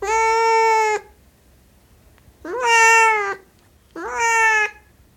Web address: Siamese cat meowing